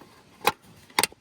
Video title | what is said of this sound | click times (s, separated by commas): Tazie the 4Runner gets a much needed maintenance upgrade!! | It just pops right down into place. You heard the little snaps going. | 0.5 s, 1.0 s